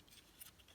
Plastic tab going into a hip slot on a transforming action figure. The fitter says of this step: click that in and then that clicks into place there